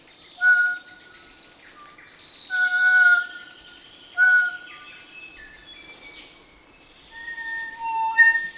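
Kōkako song: clear, drawn-out organ-like notes in repeated phrases, with a bright high chorus of insects or other birds behind.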